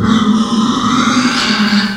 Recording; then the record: squeal of a Yucatan mini pig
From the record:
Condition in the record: after surgery on the right vocal fold (resection and tissue-engineered implant); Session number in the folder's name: 14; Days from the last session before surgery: 133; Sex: female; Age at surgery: 19 weeks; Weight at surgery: 25 kg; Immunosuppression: prednisolone